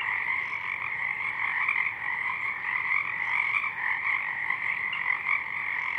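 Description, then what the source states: Pacific chorus frogs croaking en masse, raspy overlapping calls forming a constant, pulsing chorus. Many frogs in full chorus at dusk; downmixed to stereo from a double mid-side recording, with a parabolic track also made.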